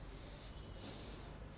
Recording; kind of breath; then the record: one breath in and out by a microphone near the nose and mouth; normal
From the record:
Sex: male